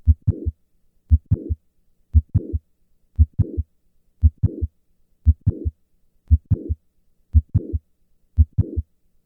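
Mitral valve prolapse heard through a stethoscope on an adult heart, at about 58 beats per minute, during a hand grip maneuver. Each beat has a low S1, then a midsystolic click followed by a late systolic murmur. Hand grip raises systolic blood pressure and afterload and increases left ventricular volume, so the click moves later in systole and the S1-to-click interval lengthens.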